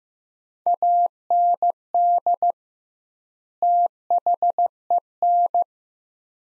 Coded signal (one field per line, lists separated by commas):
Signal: Morse code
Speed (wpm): 15 wpm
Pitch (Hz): 700 Hz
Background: none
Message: AND THEN